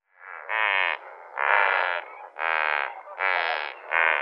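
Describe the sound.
Lesser flamingo calling: five nasal, honking notes, each about half a second to a second long, with softer sound between them, the last cut off.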